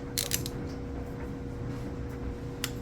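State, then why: Torque reached. On a 1969 Lincoln Continental engine, a click-type torque wrench rechecks the second bearing cap bolt with a few ratchet strokes. Quick ratcheting ticks come at about 0.2, 0.3 and 0.5 s over a steady background hum. The wrench then clicks sharply at 2.6 s, confirming the bolt is at 45 ft-lb.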